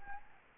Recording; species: mosquito wingbeat signal from an infrared sensor; Anopheles gambiae